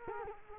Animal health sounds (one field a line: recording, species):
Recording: mosquito wingbeat signal from an infrared sensor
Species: Culex quinquefasciatus